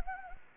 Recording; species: mosquito wingbeat signal from an infrared sensor; Anopheles gambiae